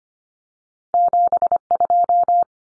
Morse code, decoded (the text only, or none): 72